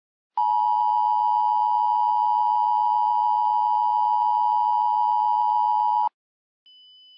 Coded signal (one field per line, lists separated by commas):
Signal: Emergency Alert System (SAME) tones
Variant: 853 and 960 Hz attention tone